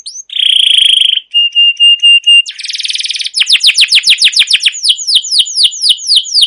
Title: CUIT CUIT NGEROL LANGSUNG GACOR PANJANG Kenari Ini AMPUH Utk Pancingan KENAR. Masteran Suara Burung Kenari Gacor Panjang cuit cuit Ngerol untuk Pancingan Kenari